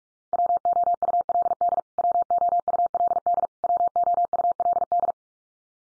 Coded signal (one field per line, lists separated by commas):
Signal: Morse code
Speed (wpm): 44 wpm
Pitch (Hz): 700 Hz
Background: none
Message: WOULD WOULD WOULD